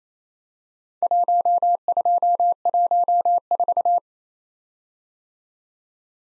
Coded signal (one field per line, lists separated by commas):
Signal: Morse code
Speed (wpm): 33 wpm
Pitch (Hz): 700 Hz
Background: none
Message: 1214